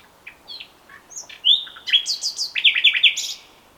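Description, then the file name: Common nightingale song: scattered short notes build into a long whistled note, followed by quick, rich repeated chirps. "Luscinia megarhynchos"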